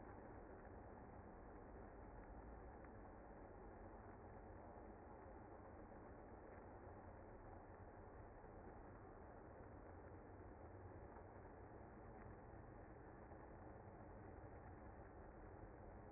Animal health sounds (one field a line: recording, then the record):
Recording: honeybee colony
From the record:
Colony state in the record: active